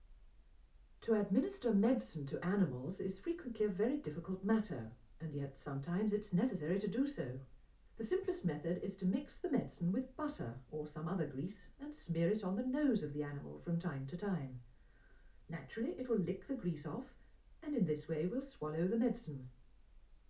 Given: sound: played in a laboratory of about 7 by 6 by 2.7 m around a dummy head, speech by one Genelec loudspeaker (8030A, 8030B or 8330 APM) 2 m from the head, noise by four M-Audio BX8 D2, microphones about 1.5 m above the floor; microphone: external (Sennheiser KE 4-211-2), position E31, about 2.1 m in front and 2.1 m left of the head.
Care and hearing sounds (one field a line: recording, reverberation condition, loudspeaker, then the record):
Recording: female speech in English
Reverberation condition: low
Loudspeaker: behind (180 degrees)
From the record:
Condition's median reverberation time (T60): about 310 ms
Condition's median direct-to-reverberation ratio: about 3.5 dB